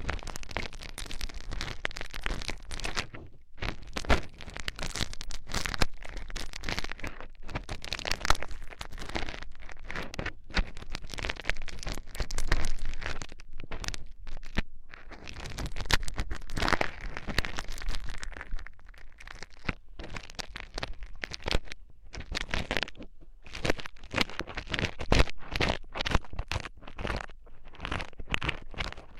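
Ear cleaning with a penetrating flow, heard as a dense run of crackling, scraping bursts that fill the range from deep thuds to bright hiss. The sound stops and starts irregularly, with brief silent gaps around 3, 10 and 14 seconds.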